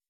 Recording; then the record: hydrophone in a shrimp aquaculture tank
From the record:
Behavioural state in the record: weakened